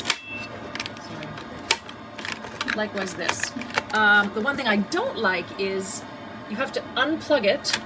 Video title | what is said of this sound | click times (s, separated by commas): Review Trucozie Cordless Vacuum Cleaner, Max 45mins Vacuums with LED Display, Powerful 8 in 1 Lightw | This actually clicks into place. Sorry. | 0.1 s